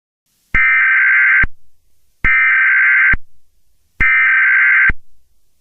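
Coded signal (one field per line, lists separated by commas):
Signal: Emergency Alert System (SAME) tones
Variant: header bursts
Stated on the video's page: Nuclear alert test tones; a reupload.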